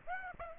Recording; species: mosquito wingbeat signal from an infrared sensor; Aedes aegypti